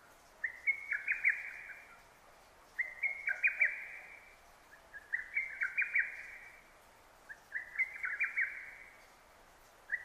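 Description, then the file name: Lesser cuckoo repeating a chattering phrase of quick notes, each about a second long, with pauses of about a second between. Recorded 6 June 2009; Japanese name hototogisu. "hototogisu-20090606"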